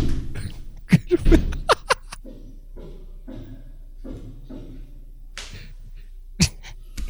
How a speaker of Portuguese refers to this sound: Fechei a janela. Com uma agressividade, aquela boa. Isso, aquela que eu pensei que os vidros saíram voando, mas não quebrou não. No vidro resistente, porra.